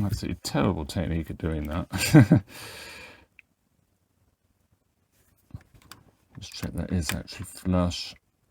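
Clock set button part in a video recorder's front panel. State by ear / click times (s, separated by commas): not seated / none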